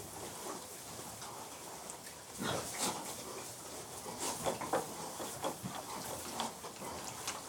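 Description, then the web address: Pigs grunting and snuffling while feeding, short rough bursts coming in a loose cluster after a quiet start, with scraping and rustling between them. Pigs being fed as livestock. "The BBC Sound Effects Library Livestock Feeding Pigs"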